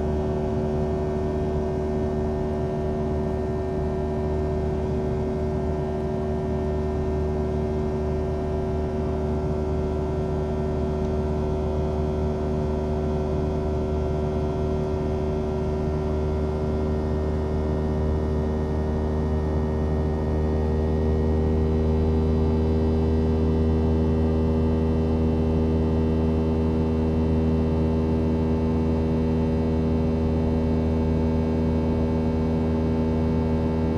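Aircraft engines fill the cabin with a steady, unbroken drone, heavy in the low end with several fixed humming tones stacked above it. The level stays even throughout, with only a slight lift after about twenty seconds and no distinct events.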